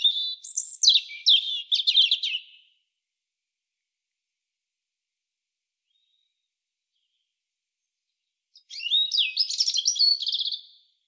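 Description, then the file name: European robin singing two separate phrases of high, tinkling, rapidly changing notes, each lasting around two seconds, divided by a long quiet gap. "Erithacus rubecula"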